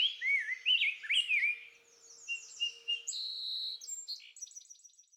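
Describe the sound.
Rose-breasted grosbeak song opens with a rich warbled phrase of looping whistles, then fades as thinner high notes and trills take over.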